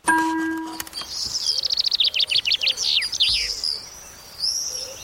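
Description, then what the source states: Common chaffinch song: a bright, quickening run of notes dropping in pitch and ending in a flourish, preceded by a brief tonal sound and followed by a short high call. Main bird heard in the background of a radio report on Swedish hardwood.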